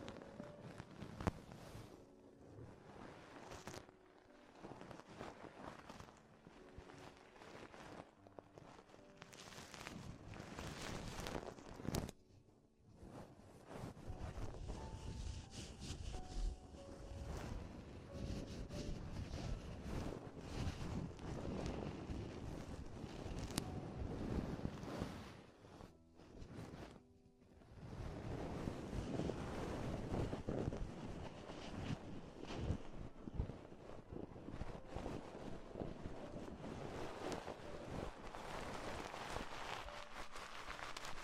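Ear exploration with dense, crackly rubbing and scratching across the microphone, steady and busy for most of the time. The texture shifts in waves, with short near-silent breaks around 12 and 27 seconds and a rumbling, wind-like undertone throughout.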